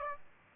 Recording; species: mosquito wingbeat signal from an infrared sensor; Aedes aegypti